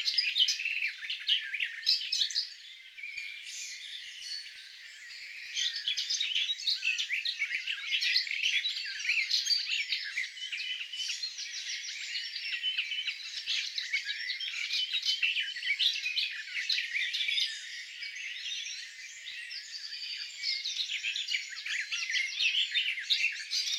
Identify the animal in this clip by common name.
Garden Warbler